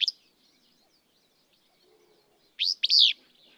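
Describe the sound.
Willow flycatcher song: a clipped note opens, then after a long gap a clear burry two-syllable phrase, short rising note then drawn-out buzz.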